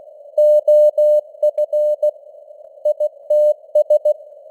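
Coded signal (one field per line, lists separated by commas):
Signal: Morse code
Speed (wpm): 16 wpm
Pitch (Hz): 600 Hz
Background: none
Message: OF ITS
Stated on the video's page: News headlines sent at 16 wpm with simulated radio noise and varying signal strength (QSB).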